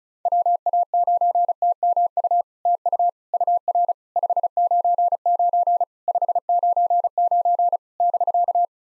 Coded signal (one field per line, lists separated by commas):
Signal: Morse code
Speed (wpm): 37 wpm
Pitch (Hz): 700 Hz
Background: none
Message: WA9TMU TU UR 599 599 <BK>